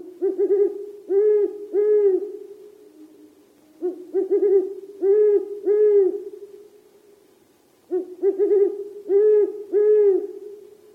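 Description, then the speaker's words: Great horned owl hooting: deep, booming hoos in stuttering bursts of several notes, each burst repeated roughly every four seconds. Utah's largest owl; loud, booming call is a series of hoos; breeds early, hooting duets heard on long winter nights. "Its correspondingly loud and booming call is a series of hoos."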